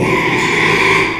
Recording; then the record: squeal of a Yucatan mini pig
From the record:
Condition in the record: after surgery on the right vocal fold (resection and tissue-engineered implant); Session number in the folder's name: 1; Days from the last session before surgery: 6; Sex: male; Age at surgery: 12 weeks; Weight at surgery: 13 kg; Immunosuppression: cyclosporine, prednisolone